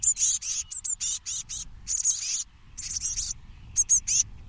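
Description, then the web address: Bird chirping in high, rapid clustered bursts over a steady low rumbling background noise. "birddata Bird Only"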